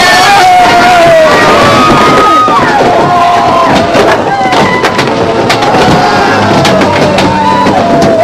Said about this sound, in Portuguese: Um surdo, impressionante rumor, o rumor que precede aos grandes desmoronamentos, começou a ser ouvido, e todo aquele povo ímpio e cruel, adorador de um falso Deus, mudou o seu riso e a sua alegria profana em pranto e gritos de horror e de agonia.